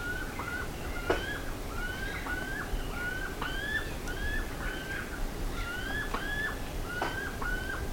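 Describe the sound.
Bird calls, many clear whistled notes with a quick downward-then-upward turn, tumbling over each other almost continuously above a low, steady rumble.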